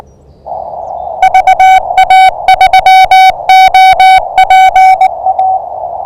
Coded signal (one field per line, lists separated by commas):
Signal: Morse code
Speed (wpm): 19 wpm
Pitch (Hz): 760 Hz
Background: none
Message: VA3OPA